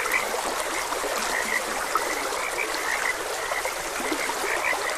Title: Gentle Stream and Frogs Croaking - Calming Sounds of Nature